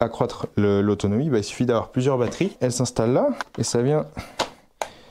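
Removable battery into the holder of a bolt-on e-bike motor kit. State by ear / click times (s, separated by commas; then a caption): seated / 4.8 s. The removable battery of a bolt-on e-bike motor kit is placed on its mount and pushed into the holder while someone talks. It clips in with one sharp click at 4.8 s, and the battery is seated.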